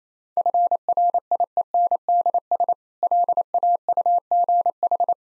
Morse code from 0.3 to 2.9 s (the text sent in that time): FRIENDS